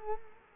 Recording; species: mosquito wingbeat signal from an infrared sensor; Culex quinquefasciatus